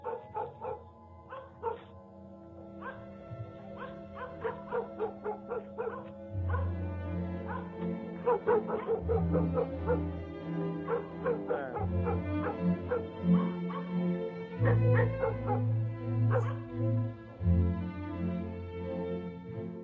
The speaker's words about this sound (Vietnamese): Đâu đó ở trong làng chỉ còn lại tiếng chó cắn ma hướng ra phía cánh đồng nhấm nha nhấm nhẳng đến rợn người.